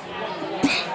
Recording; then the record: coughing mixed with background sound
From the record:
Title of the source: 64 coughing, allergies, singing lungs